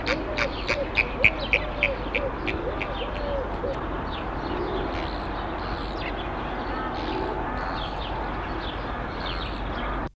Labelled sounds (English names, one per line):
Chilean Flamingo call